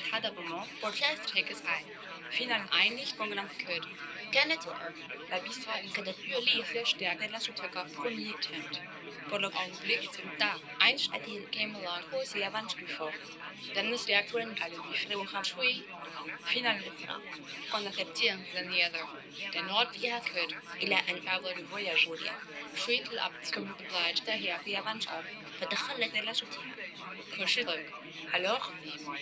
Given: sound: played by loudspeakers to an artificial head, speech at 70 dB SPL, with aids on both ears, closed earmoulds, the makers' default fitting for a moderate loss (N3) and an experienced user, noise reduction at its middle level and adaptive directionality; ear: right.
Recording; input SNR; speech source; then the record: speech test signal (ISTS) in cocktail-party noise; -3 dB; on the right (90 degrees)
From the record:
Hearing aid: class 2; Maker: I